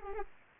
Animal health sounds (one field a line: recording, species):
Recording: mosquito wingbeat signal from an infrared sensor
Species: Anopheles arabiensis